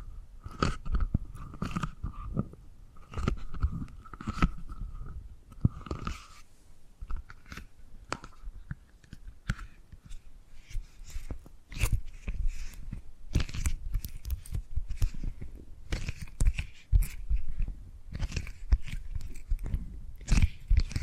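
Tapping and gripping sounds come as a dense run of short, dry knocks and crunchy scrapes, irregular but nearly continuous across the whole stretch. During the first six seconds a faint steady tone hums underneath, then fades. The taps grow sharper and brighter toward the end.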